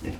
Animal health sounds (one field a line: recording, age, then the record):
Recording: pig call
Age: growing-finishing pig (85 days or more)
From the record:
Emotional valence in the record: positive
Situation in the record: enriched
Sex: female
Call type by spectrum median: low-frequency call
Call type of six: low-frequency stable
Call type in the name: low-frequency stable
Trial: 1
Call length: 0.20 s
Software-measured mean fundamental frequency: 45 Hz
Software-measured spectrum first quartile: 153 Hz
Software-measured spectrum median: 325 Hz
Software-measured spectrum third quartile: 988 Hz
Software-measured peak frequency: 82 Hz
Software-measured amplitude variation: 167 dB a second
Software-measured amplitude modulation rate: 17.3 a second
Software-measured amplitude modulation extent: 9.7 dB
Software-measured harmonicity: 1.1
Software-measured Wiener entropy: -1.12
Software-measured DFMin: 665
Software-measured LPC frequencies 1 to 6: 331, 1902, 2678, 4059, 4945, 6122 Hz